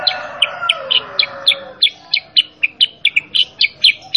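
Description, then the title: Sooty-headed bulbul song: a continuous rapid string of clear, high chipping notes, about four per second, over a soft lower tone early on. Kutilang sutra master (training) audio of a 'super gacor' vigorously singing bird, played so kept kutilang sutra answer and copy it. "Masteran Kutilang Sutra. Kutilang Sutra mana YANG GAK NYAUT dan IKUT BUNYI GACOR dengan suara Kutilang Sutra Super GACOR Ini"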